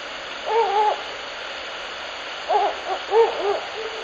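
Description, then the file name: Ural owl hooting: one wavering hoot early on, then after a pause of about a second and a half three shorter hoots in quick succession, all over a steady background hiss. Recorded on 16 May 2021 at 19:01, in the evening. "フクロウ番 2105161901 少年の森"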